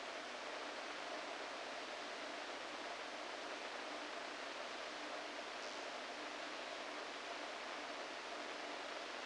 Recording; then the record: brain microelectrode recording played as sound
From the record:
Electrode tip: inside the subthalamic nucleus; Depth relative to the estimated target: -2 mm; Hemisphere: right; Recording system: NeuroSet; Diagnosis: Parkinson's disease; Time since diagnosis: 14 years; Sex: male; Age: 51 years